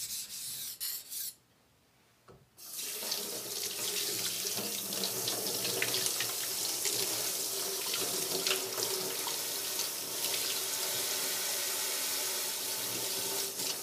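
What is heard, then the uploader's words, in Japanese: Kitchen sounds of cooking and knife sharpening: a brief noise, a second of silence, then steady rushing water with scattered small clicks and taps. 煮物と包丁研ぎ。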